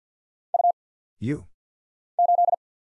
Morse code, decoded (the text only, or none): U 8